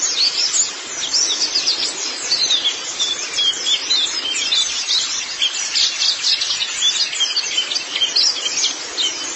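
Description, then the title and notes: White-eye song in sharp, high chirping bursts and trills over a constant hissy background. "Kicauan Burung Pleci Durasi Panjang. Suara kicauan burung pleci"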